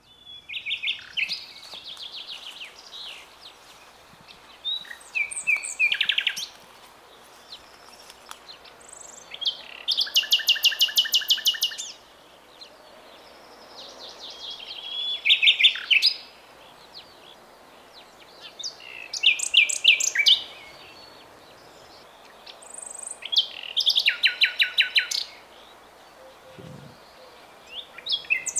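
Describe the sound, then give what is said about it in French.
A nightingale sings a varied song of separate phrases: rapid buzzy trills, sharp high whistles and chirps, each burst loud and brief with short pauses between, and no voices. “Donc le chant du rossignol qui rappelle les après-midi bucoliques à la campagne.”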